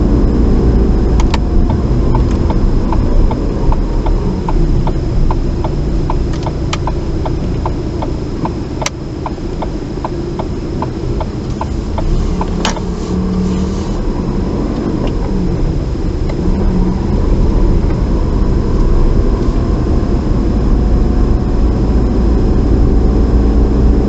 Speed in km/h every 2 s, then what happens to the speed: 23, 18, 10, 6, 8, 8, 13, 16, 23, 26, 27, 27.
0-7 slows to 6. 7-19 speeds up to 27.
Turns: none.